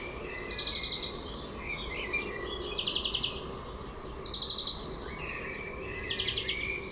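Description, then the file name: European greenfinch song: four buzzy trills alternating with chirpy twitters, with steady low noise throughout. "Chloris chloris"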